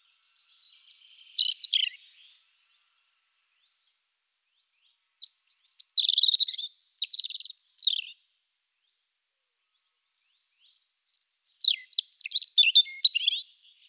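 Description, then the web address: European robin singing high, tinkling phrases mixing sliding whistles and rapid twittery notes, delivered in several separate bursts with quiet gaps between them. "chant birdify. erithacus rubecula"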